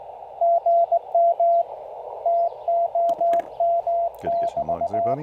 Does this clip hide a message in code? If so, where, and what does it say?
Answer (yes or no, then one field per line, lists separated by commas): yes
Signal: Morse code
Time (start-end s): 0.4-5.1 s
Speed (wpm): 19 wpm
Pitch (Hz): 680 Hz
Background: speech, radio noise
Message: GM TOM<BT>